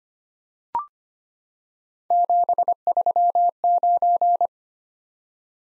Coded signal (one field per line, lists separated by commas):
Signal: Morse code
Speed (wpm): 25 wpm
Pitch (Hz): 700 Hz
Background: none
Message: 739